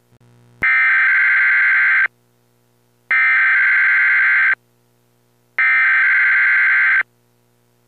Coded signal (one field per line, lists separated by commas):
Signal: Emergency Alert System (SAME) tones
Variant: header bursts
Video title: EAS - Shit Hits the Fan